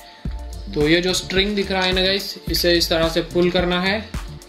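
Someone talks while handling a plastic toy crossbow, folding its bow string back toward the trigger catch, with a few faint handling taps and music in the background. The string has not yet locked into the catch; nothing has seated or clicked by the end of the clip.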